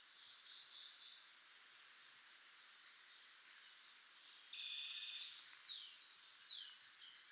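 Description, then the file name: Eurasian wren song: very high, rapid trills and sharp, fast notes, rising to a loud buzzing rattle halfway through, then more quick bright phrases. "Troglodytes troglodytes"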